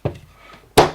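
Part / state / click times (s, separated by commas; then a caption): sliding piece on a mini hacksaw frame / seated / 0.8 s. A sliding piece on a Pro User HK350 mini hacksaw frame is pushed back down, with a soft knock at 0.1 s and quiet handling. It then snaps firmly into place with a sharp click at 0.8 s, seating the piece and leaving the screw holes accessible.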